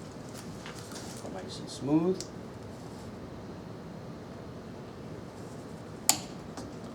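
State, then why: Torque reached. A click-type torque wrench tightens the flywheel nut on a small engine crankshaft. Someone talks near the start, then steady low background continues until the wrench gives one sharp click at 6.1 seconds. The click shows the nut has reached the set torque.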